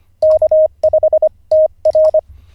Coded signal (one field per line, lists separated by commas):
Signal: Morse code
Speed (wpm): 25 wpm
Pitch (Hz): 620 Hz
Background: none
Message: K5TR